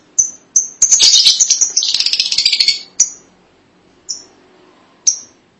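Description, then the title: Lovebird chirps: sharp high chirps, then a fast buzzy chattering burst of about two seconds, followed by a few separate high chirps. "BM Suara Burung Lovebird"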